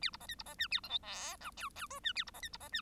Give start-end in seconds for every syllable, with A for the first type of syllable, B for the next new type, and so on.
0.01-0.10 A, 0.13-0.17 B, 0.20-0.27 C, 0.28-0.35 D, 0.38-0.43 B, 0.45-0.55 C, 0.58-0.68 E, 0.71-0.80 A, 0.83-0.89 F, 0.89-0.98 G, 1.02-1.36 H, 1.40-1.51 I, 1.56-1.69 J, 1.75-1.87 J, 1.90-2.00 K, 2.03-2.13 E, 2.15-2.24 A, 2.26-2.31 B, 2.33-2.41 C, 2.42-2.49 D, 2.52-2.57 B, 2.60-2.69 C, 2.72-2.81 E